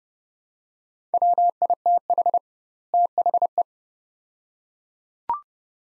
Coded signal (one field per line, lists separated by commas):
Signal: Morse code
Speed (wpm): 31 wpm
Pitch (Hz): 700 Hz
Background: none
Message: WITH THE